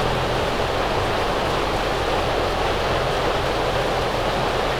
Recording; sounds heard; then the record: poultry house recording; no chicken sound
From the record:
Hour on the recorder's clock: 8